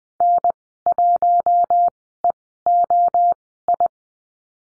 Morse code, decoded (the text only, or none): N1EOI